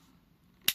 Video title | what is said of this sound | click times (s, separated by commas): Renault Scénic 3 Changement interrupteur lève vitre | Voilà, vous appuyez, tac, vous entendez bien les clips. | 0.7 s